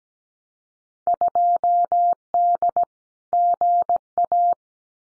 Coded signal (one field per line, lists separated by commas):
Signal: Morse code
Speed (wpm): 17 wpm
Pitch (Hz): 700 Hz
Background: none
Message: 2D GA